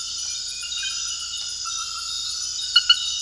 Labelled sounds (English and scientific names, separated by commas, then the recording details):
none
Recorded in secondary vegetation near Puerto Asís, Putumayo, Colombia, on 19 February 2024 at 01:00
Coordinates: 0.481, -76.323
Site G6376